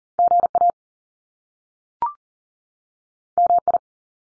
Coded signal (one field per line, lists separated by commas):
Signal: Morse code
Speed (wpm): 41 wpm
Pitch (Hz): 700 Hz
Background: none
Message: GA MI